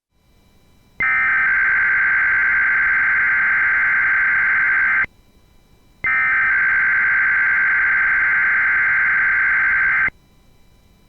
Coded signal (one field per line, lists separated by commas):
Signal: Emergency Alert System (SAME) tones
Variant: header bursts